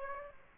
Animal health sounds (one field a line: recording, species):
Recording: mosquito wingbeat signal from an infrared sensor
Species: Aedes aegypti